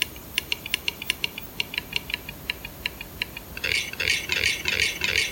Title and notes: An audio recording in the Swedish forest of a Capercaillie cock, a giant grouse bird. the accelerating clicking sounds the Capercaillie makes